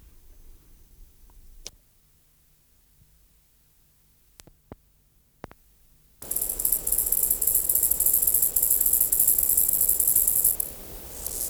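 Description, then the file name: Chorthippus grasshopper song: after near silence with a few faint clicks, a high, pulsed rasping buzz starts and runs for about four seconds before stopping. "Chorthippus"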